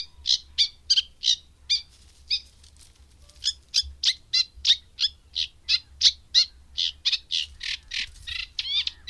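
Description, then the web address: Eurasian reed warbler song: a steady run of short, scratchy chattering notes, with a brief pause before it resumes. "Madardalok Cd 3 Cserregő nádiposzáta"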